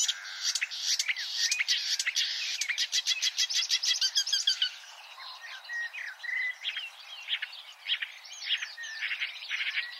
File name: suara-kicauan-burung-marsh-warbler omkicau